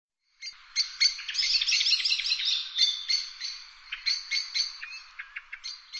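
Bird giving a dense run of sharp, squeaky chirps and harsh notes, rapid and uneven, thinning to spaced notes toward the end.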